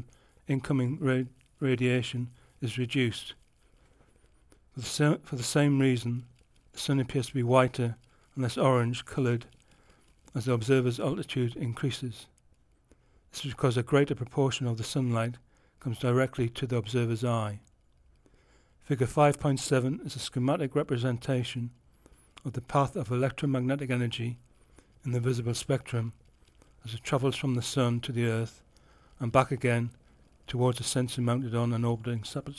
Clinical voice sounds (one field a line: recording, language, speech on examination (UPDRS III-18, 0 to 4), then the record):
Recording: text read into a phone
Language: English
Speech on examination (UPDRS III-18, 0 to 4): 1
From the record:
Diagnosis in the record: Parkinson's disease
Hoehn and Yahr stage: 3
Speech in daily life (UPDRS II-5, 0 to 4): 0